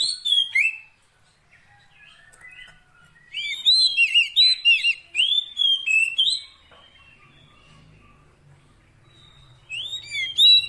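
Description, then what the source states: Oriental magpie-robin singing bursts of rich, quickly varied whistles and chattering notes, separated by quiet gaps, with a faint low hum late on. Fill-in (isian) training song meant to make a bird sing constantly (gacor) day and night.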